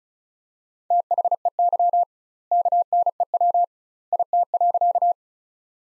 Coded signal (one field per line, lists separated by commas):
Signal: Morse code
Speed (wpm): 36 wpm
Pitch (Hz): 700 Hz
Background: none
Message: THEY KNEW IT.